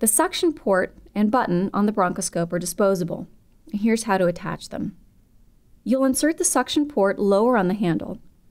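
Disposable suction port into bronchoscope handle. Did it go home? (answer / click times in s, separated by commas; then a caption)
no / none. A disposable plastic suction port is handled at the lower port on a bronchoscope handle while someone talks. Nothing has seated or clicked yet.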